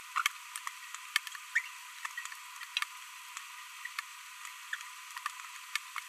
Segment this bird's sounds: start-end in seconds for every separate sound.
0.16-0.22, 1.55-1.59